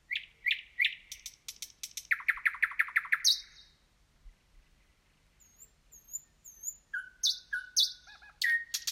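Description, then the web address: Nightingale song: loud repeated phrases of rapid clicking notes and fast rattling trills, broken by a pause with faint high whistles. "slowik nocny spiew slowika"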